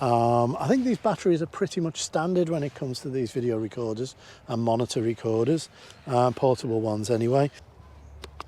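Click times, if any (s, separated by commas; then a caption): 8.2 s, 8.4 s. A rechargeable camera-style battery pack is slid onto the battery plate of a portable video/monitor recorder while someone talks for most of the clip. After the talking stops, two short clicks are heard at about 8.2 and 8.4 seconds as the pack latches and is held in solidly.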